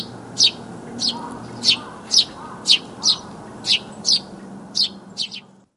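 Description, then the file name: Eurasian tree sparrow giving bright, clipped chirps in a loose rhythm, about ten notes, with a soft low background hum. Recorded in Taiwan. "suzume"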